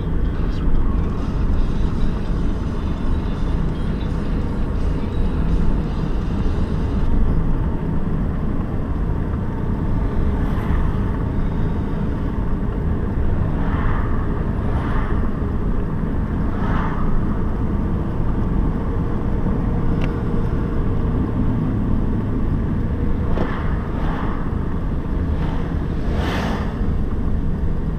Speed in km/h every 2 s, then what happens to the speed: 40, 41, 42, 43, 44, 43, 43, 43, 45, 49, 45, 42, 38, 34.
0-14 steady at about 43. 14-19 speeds up to 49. 19-28 slows to 34.